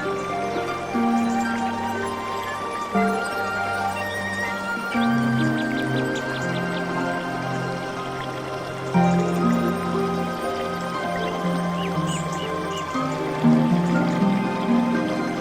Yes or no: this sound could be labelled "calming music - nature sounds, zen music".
yes